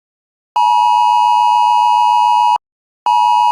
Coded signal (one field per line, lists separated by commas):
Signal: Emergency Alert System (SAME) tones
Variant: 853 and 960 Hz attention tone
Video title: EAS Scenario 9: Tornadic Phenomenon